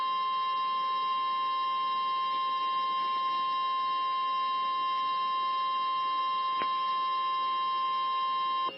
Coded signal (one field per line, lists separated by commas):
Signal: Emergency Alert System (SAME) tones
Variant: 1050 Hz attention tone